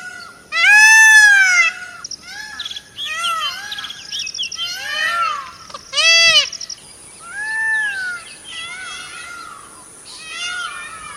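Myna calls: a loud harmonic squawk followed by a varied mix of shorter arched notes, buzzes and chatter, with faint background noise.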